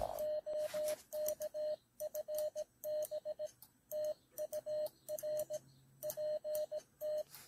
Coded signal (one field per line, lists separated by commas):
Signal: Morse code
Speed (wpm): 17 wpm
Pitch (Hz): 610 Hz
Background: radio noise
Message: OKFB TUR PT